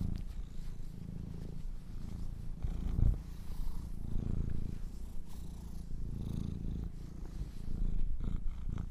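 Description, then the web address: Domestic cat: kittens purring: a low, continuous rumbling purr that swells and fades in slow rhythmic waves, with faint rustling. "sleepandrelaxasmr. The Purring Kittens"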